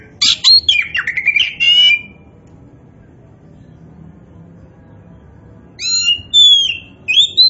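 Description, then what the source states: Oriental magpie-robin song, with a scratchy, trilling phrase. After a pause come crisp, high whistles. Indonesian name kacer poci; described as gacor, singing actively and abundantly.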